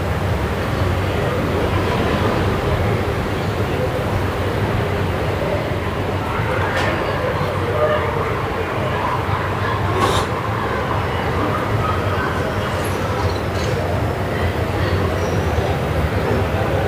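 Evening street sounds on via della Moscova in Milan: a steady, dense rumble of traffic fills the whole recording at an even level. Faint voices murmur underneath, and brief clicks and knocks stand out around six, ten and thirteen seconds.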